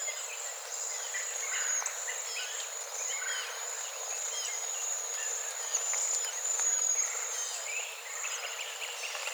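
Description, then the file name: Cedar waxwing calls: high, hissy, thread-like notes running on without pause, a few thin whistles briefly rising above the steady wash. Recorded 13 April 2018. "2018-04-13 CEWA"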